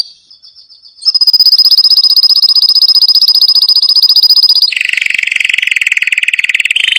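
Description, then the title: Canary song: a thin steady whistle, then a loud fast trill held for several seconds, dropping into a lower rolling trill. Canary singing prolifically (gacor) with full, varied song (full isian); masteran training recording for caged lovebirds, white-rumped shamas (murai batu), canaries and green leafbirds (cucak ijo). "Masteran Kenari Gacor Full Isian Untuk Lovebird, Murai Batu, Kenari, Cucak Ijo"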